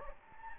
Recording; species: mosquito wingbeat signal from an infrared sensor; Anopheles gambiae